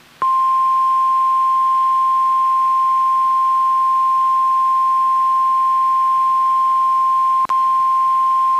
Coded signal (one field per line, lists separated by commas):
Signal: Emergency Alert System (SAME) tones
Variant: 1050 Hz attention tone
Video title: NOAA Weather Radio - Weekly EAS Test - 11/21/18